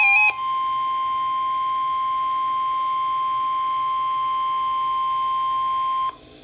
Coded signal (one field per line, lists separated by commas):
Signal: Emergency Alert System (SAME) tones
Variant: 1050 Hz attention tone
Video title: EAS Noaa flood warning for York county PA